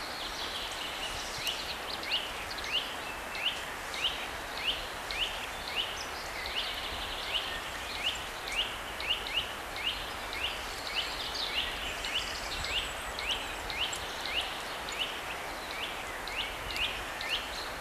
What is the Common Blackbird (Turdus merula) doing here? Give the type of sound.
song